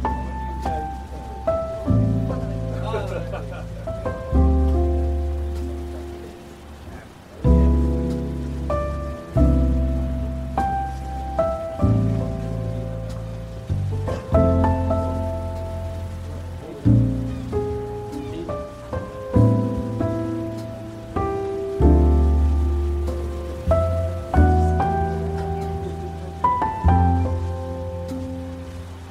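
Relaxed coffee shop music plays at a gentle, steady pace, with deep bass notes and soft plucked or keyed chords changing every two to three seconds. A faint, constant hiss like ocean waves runs underneath throughout.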